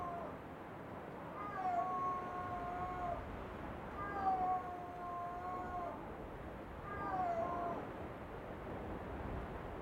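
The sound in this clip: Snow leopard uttering drawn-out, wail-like meows, three calls a few seconds apart against a constant low hiss.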